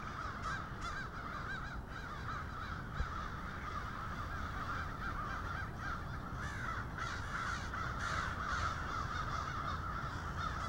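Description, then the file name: Crow flock cawing, rough calls overlapping thickly, with steady low background noise. Several crows. "multi-cinci crows"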